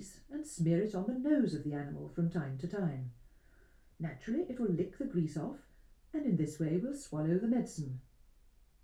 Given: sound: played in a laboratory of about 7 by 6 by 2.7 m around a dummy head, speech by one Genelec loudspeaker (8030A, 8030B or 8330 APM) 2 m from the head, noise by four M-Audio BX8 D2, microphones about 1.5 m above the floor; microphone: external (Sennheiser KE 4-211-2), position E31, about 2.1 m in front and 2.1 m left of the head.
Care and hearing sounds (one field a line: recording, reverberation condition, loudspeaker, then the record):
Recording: female speech in English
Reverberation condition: low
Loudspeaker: 60 degrees to the left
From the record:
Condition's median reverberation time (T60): about 310 ms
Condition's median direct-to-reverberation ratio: about 3.5 dB